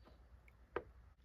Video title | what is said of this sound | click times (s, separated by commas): CRV is hitting VTEC - Vid#10 | Just pops right in. | 0.8 s